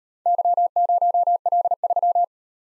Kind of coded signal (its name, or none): Morse code